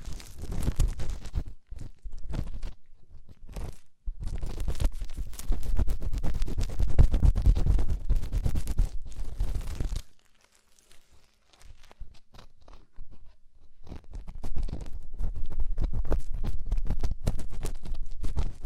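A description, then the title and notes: Deep ear cleaning sounds: dense, crackly scratching and crunching with a heavy low rumble, coming in long rough bursts. Short silent gaps break it near two and four seconds, a quieter sparse stretch runs from about ten to fourteen seconds, then the dense scraping returns. ASMR INTENSE Deep Ear Cleaning (No Talking).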